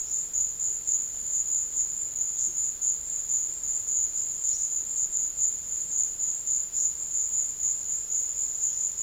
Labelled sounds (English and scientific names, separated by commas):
none